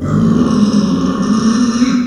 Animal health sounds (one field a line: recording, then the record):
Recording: squeal of a Yucatan mini pig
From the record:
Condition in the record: after surgery on the right vocal fold (resection and tissue-engineered implant)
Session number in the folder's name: 9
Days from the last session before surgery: 65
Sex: female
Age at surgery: 19 weeks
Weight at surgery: 25 kg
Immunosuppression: prednisolone